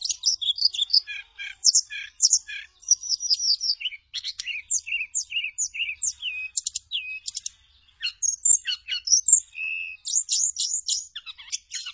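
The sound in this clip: Bird song, a lively sequence of high chirps, short whistles and buzzy trills, varied and rapidly changing, with one brief pause.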